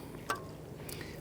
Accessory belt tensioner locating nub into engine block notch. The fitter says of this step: pops into place we did put a little bit of an Compound